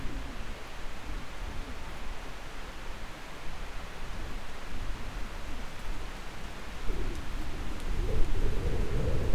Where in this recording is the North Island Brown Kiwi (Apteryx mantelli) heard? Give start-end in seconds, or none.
none